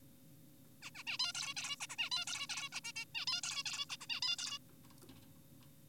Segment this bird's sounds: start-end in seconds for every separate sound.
0.82-0.90, 0.95-1.04, 1.07-1.18, 1.20-1.32, 1.35-1.54, 1.57-1.76, 1.81-1.87, 1.90-1.96, 1.98-2.10, 2.12-2.25, 2.27-2.47, 2.50-2.69, 2.73-2.80, 2.84-2.92, 2.96-3.05, 3.15-3.26, 3.28-3.41, 3.44-3.64, 3.66-3.86, 3.90-3.96, 4.01-4.06, 4.10-4.20, 4.22-4.36, 4.39-4.58